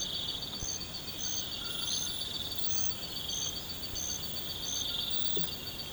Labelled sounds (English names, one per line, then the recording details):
none
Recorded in pastures near Puerto Asís, Putumayo, Colombia, on 12 March 2025 at 03:00
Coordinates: 0.472, -76.329
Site G074